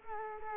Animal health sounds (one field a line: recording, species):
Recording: mosquito wingbeat signal from an infrared sensor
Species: Culex quinquefasciatus